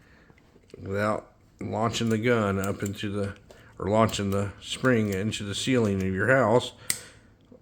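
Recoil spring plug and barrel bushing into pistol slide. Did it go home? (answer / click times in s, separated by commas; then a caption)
no / none. During reassembly of a Colt 1911 pistol, the recoil spring plug is pushed down against spring pressure into the slide, with the barrel bushing to be turned over it to hold it. Someone talks throughout, with only faint brief ticks near 0.4 and 7.4 seconds. The plug has not snapped into place under the barrel bushing yet; nothing has seated or clicked.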